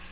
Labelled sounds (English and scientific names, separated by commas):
Black-throated Green Warbler (Setophaga virens) flight call